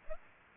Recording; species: mosquito wingbeat signal from an infrared sensor; Aedes aegypti